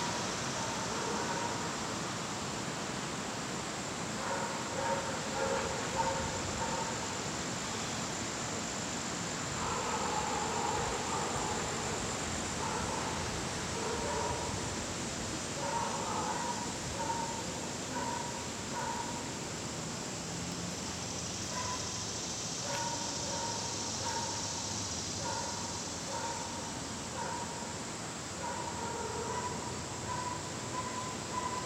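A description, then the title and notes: A dog barks outdoors at dusk in the Catskills, short repeated barks scattered through the clip, clustering around five, ten and sixteen seconds and recurring near the end. A steady hiss of insects or wind runs underneath, rising briefly in brightness midway. Catskills, Outdoor Dusk, Dog Barking.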